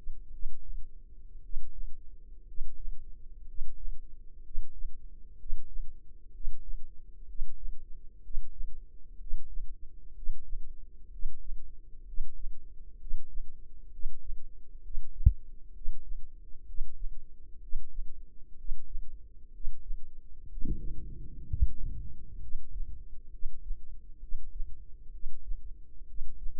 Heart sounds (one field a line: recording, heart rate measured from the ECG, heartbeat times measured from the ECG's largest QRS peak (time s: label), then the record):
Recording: heart sounds by microphone in the left ear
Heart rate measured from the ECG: 63 bpm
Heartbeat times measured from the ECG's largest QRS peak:
0.28 s: heartbeat
1.39 s: heartbeat
2.43 s: heartbeat
3.43 s: heartbeat
4.40 s: heartbeat
5.35 s: heartbeat
6.30 s: heartbeat
7.24 s: heartbeat
8.20 s: heartbeat
9.16 s: heartbeat
10.12 s: heartbeat
11.08 s: heartbeat
12.03 s: heartbeat
12.96 s: heartbeat
13.89 s: heartbeat
14.80 s: heartbeat
15.71 s: heartbeat
16.64 s: heartbeat
17.58 s: heartbeat
18.54 s: heartbeat
19.50 s: heartbeat
20.47 s: heartbeat
21.45 s: heartbeat
22.38 s: heartbeat
23.29 s: heartbeat
24.18 s: heartbeat
25.10 s: heartbeat
26.04 s: heartbeat
From the record:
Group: healthy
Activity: breath hold 0-21 s, rest 21-27 s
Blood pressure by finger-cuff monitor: 98/52 mmHg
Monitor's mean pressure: 61 mmHg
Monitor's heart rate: 63 bpm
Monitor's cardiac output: 5 L/min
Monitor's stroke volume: 81 mL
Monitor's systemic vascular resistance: 840 dyn s/cm5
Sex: male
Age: 25 years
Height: 170 cm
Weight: 70.4 kg